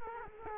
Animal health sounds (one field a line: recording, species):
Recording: mosquito wingbeat signal from an infrared sensor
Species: Culex quinquefasciatus